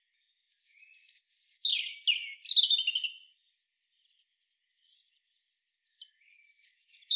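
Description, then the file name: European robin song: a long high phrase of sliding whistles and twittering trills, a pause, then another phrase beginning. "Erithacus rubecula"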